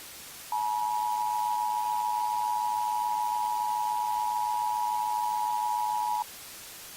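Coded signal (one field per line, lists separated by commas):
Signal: Emergency Alert System (SAME) tones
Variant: 853 and 960 Hz attention tone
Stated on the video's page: Fictional EAS scenario of a nuclear missile attack.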